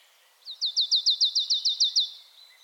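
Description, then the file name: Marsh tit delivering one quick run of about ten bright, downward-sweeping chip notes, evenly spaced and high-pitched, over a quiet background. "Poecile palustris"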